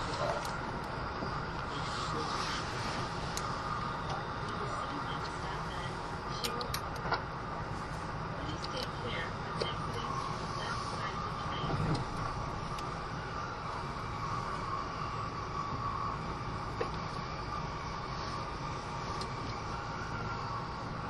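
Onboard a Kintetsu 80000 series Hinotori limited express, a steady, even rumble of the running train fills the whole clip at an unchanging level. Faint clicks and brief squeaks come and go over the low, dense drone, with no clear speech.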